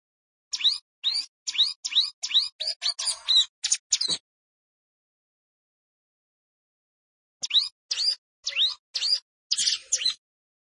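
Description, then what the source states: Plain prinia song: a quick run of short, sharp upward-sweeping chirps, then a pause before another burst of similar notes. Rice field habitat.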